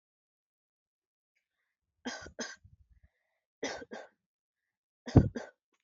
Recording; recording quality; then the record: shallow voluntary cough; excellent, no background noise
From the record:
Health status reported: respiratory illness, not identified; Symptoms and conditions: none ticked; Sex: female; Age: 24 years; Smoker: not ticked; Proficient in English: yes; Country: India